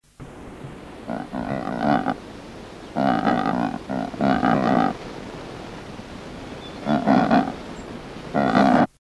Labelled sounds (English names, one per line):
Cape Barren Goose call